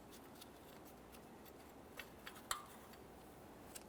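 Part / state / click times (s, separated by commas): crankshaft position sensor into engine block bore / not seated / none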